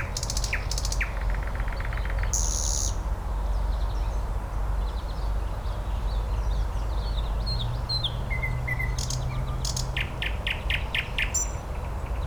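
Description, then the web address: Nightingale song opening with loud rattling bursts and a buzzy note, then quieter twitters, a flat whistle and a fast series of sharp strokes; low rumble throughout. "slowik spiew slowika"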